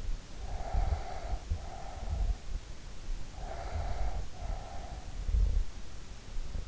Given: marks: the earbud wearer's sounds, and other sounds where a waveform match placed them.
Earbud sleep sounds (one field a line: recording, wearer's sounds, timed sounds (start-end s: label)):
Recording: sounds in sleep by an in-ear microphone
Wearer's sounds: breath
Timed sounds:
0.49-5.79 s: breath